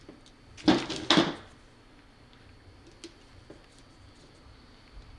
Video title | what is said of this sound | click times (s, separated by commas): Explosion Proof LED Drop Light - Class I, Div. I | that back in till everything locks in place | 0.7 s, 1.1 s